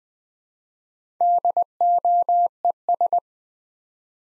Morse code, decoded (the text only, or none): DOES